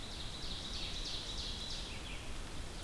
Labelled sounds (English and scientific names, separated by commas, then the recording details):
Ovenbird (Seiurus aurocapilla) song
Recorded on 2 June 2016 at 07:54
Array SBT-3-7